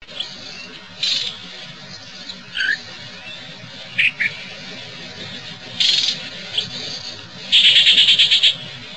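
Yellow-breasted chat giving varied harsh notes and short whistles, ending with a rapid chattering series.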